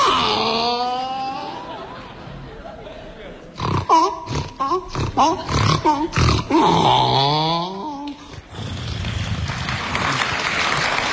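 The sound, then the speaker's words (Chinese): In a comic routine about a magic trick that turns things into a live donkey, a man imitates a donkey's bray with loud, rhythmic hee-haw bursts that rise and fall in pitch, then the audience breaks into a wash of applause. “怎么不老实、啊、 你还没变呢，待功夫大的自个儿就叫唤上了。”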